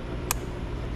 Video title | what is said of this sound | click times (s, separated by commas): Mercury Verado V8 300 Hour Maintenance | fuel line snap back in place. | 0.3 s